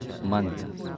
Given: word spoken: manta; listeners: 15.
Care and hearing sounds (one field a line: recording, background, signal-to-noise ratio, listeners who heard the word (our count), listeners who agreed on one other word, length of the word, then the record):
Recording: one Spanish word in noise, from a listening test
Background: eight-talker babble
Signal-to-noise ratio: 6.8 dB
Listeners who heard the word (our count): 1 of 15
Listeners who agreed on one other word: 9 of 15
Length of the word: 0.57 s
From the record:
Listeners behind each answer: 9, 3, 2, 1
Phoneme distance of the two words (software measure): 27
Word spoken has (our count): 2 syllables, 5 phonemes, stress on syllable 1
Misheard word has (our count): 2 syllables, 6 phonemes, stress on syllable 1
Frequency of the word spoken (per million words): 10.44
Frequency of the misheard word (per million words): 14.74